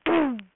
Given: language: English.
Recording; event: throat vibration sensor signal played as sound; throat clearing